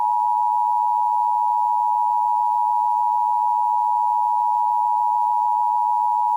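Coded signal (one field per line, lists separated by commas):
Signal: Emergency Alert System (SAME) tones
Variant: 853 and 960 Hz attention tone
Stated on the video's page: Fictional EAS alert about an alien landing.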